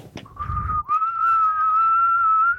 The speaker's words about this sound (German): Ich kann gar nicht mehr pfeifen. Es gibt Leute, die besser pfeifen. Ich kann nach innen pfeifen. Warte. Nee, doch nicht.